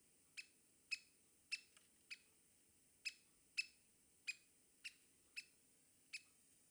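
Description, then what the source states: Lesser Spotted Woodpecker giving short, sharp kik notes in a loose, uneven series over faint background hiss. Example call for recognising the woodpecker by its voice.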